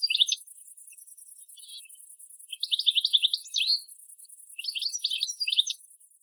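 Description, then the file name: European goldfinch calls: bursts of quick, liquid twittering notes in short clusters, with pauses between, over a steady high hiss. "Carduelis carduelis"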